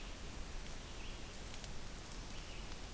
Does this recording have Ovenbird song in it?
no